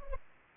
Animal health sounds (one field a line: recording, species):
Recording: mosquito wingbeat signal from an infrared sensor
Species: Culex pipiens